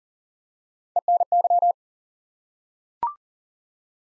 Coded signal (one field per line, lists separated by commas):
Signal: Morse code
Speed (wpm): 42 wpm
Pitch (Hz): 700 Hz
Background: none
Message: ENY